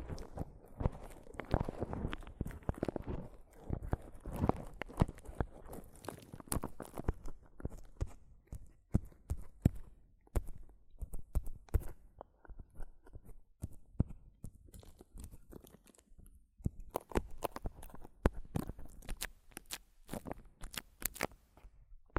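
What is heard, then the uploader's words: Dense, irregular tapping and scratching on a microphone, sharp crunchy clicks throughout with busier rustling early and sparser, spikier taps later. ASMR Mic Tapping and Scratching (No Talking).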